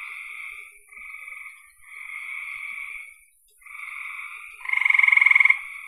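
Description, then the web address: Frogs trilling in a buzzy chorus, then one loud rapid rattling trill breaks in near the end. "cn frogs"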